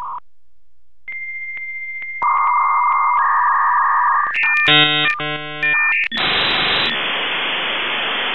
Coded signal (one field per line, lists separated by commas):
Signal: dial-up modem handshake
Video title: Thomas does Dialup